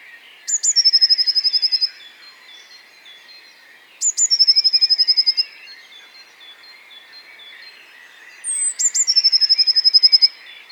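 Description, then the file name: Eurasian Blue Tit song: one or two sharp high notes lead into an even, fast trill lasting over a second. Three phrases about four seconds apart. "Cyanistes caeruleus"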